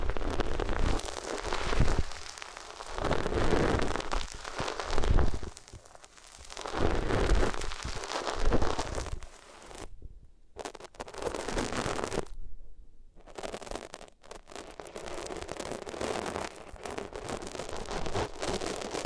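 Materials are rubbed against the ears in a steady run of scratchy, crackling friction that swells and fades in repeated strokes every couple of seconds. Near the ten-second mark the sound cuts out twice into near silence, then the rubbing resumes, denser and more even.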